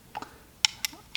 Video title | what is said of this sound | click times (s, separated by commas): CZ 75 PCR: The compact Czechnology | right here and then it snaps into place then you can do a function check | 0.6 s